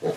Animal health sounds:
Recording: pig call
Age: piglet (1 to 25 days)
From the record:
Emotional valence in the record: positive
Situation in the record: huddling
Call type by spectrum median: low-frequency call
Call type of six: low-frequency tonal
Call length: 0.17 s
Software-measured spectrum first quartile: 378 Hz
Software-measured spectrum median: 478 Hz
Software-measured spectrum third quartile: 738 Hz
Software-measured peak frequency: 450 Hz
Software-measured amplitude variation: 168 dB a second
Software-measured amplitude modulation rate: 14.8 a second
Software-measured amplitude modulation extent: 11.3 dB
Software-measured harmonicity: 4.8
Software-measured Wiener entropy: -0.53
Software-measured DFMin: 847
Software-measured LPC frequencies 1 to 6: 488, 1763, 3354, 3948, 4836, 5658 Hz

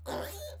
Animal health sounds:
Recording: pig call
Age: piglet (1 to 25 days)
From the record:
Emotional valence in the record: negative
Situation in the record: restrain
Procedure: back test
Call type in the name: low-frequency call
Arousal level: medium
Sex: male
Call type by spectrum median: low-frequency call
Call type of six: low-frequency stable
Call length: 0.60 s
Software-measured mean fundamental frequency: 81 Hz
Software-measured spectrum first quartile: 471 Hz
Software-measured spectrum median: 1121 Hz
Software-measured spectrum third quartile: 5320 Hz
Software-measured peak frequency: 589 Hz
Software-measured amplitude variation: 82 dB a second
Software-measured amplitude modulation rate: 22.3 a second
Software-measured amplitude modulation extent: 3.7 dB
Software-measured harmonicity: 3.7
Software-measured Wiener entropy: -3.44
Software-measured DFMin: 1210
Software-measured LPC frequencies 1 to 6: 629, 1588, 3479, 5222, 6555, 7704 Hz

